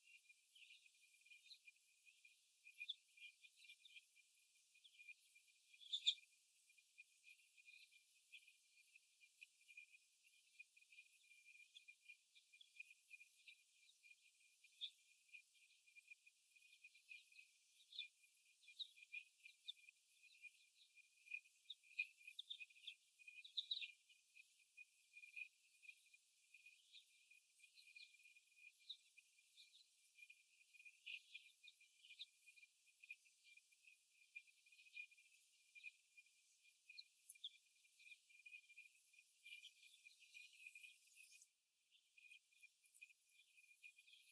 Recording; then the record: young laying hens in a cage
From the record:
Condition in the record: before the stressor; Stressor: simulated dog barking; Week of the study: 1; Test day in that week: 1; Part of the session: 4